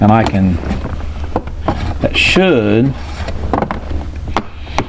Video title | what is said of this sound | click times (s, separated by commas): Quick Fix: Changing the Center Console Lid on a 2004 Chevy Truck | I need to get around to the front side of that and see why that's not snapping together. | none